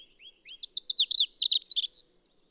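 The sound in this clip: Bird song: a few soft opening notes, then a fast run of high, sliding, down-slurred notes that build into a jumbled twittering phrase and stop abruptly. Otherwise quiet.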